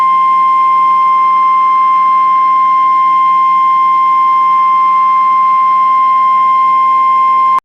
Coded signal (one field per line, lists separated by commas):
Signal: Emergency Alert System (SAME) tones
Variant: 1050 Hz attention tone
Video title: EAS Scenario - The Toxic Cakes Part 2